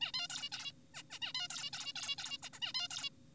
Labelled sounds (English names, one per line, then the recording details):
Zebra Finch
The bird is an adult
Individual g4p5U